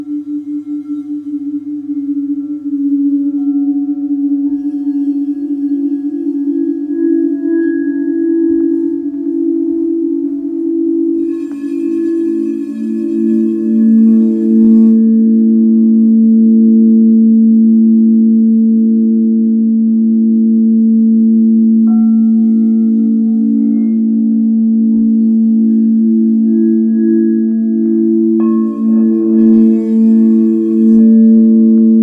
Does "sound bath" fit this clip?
yes